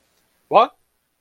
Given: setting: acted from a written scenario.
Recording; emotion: vocal sound without words; confusion